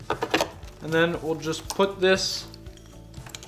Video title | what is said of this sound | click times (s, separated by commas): How to Remove Hood on a 2020 Ski-Doo Rev Gen 4 Summit SP 850 E-Tec | push down you actually hear the click on this one | 0.1 s